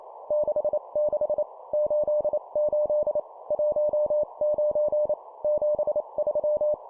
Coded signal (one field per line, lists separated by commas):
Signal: Morse code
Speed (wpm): 28 wpm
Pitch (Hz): 600 Hz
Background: none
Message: 66 88 19 73